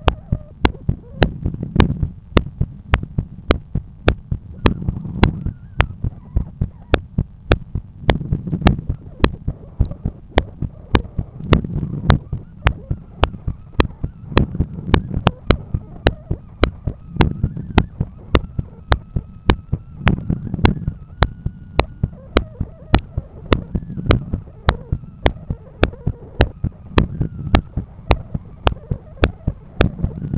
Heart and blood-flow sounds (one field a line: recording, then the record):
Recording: heart sounds by stethoscope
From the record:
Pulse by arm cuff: 103 bpm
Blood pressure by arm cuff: 128/80 mmHg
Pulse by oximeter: 101 bpm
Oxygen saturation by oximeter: 96%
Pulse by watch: 103 bpm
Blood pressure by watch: 128/84 mmHg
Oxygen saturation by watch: 95%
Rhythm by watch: sinus rhythm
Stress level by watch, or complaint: high stress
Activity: after lunch and office activities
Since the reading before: plus 7000 steps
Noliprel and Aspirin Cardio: no pills today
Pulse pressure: 48 mmHg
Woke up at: 7:30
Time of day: 15:41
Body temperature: 36.5 C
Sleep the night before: 9 h 22 min, score 68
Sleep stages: REM 22%, light 66%, deep 4%, awake 8%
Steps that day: 11800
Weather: sunny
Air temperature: 20.3 C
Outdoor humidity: 70%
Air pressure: 1015 hPa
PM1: 5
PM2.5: 8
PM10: 11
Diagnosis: hypertension, treated with Noliprel and Aspirin Cardio 100 mg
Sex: male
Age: 53 years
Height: 174 cm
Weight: 81 kg